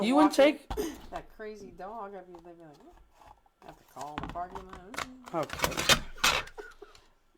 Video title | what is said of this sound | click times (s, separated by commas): Online Class 601 | Did I put it right? Yeah. No, not at all. Oh, looked like it was in. Not. It didn't even shut. | none